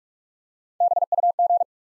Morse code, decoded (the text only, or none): B U G